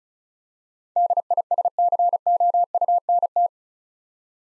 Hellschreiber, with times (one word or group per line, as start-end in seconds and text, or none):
none